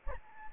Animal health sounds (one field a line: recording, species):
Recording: mosquito wingbeat signal from an infrared sensor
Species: Anopheles gambiae